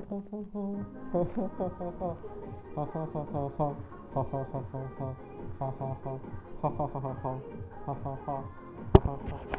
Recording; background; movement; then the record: laughter; music; sitting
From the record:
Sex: male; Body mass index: 23.7 kg/m2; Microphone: on the chest, facing the body